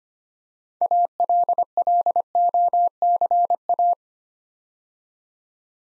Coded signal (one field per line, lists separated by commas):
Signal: Morse code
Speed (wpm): 25 wpm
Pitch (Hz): 700 Hz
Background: none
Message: ALLOCA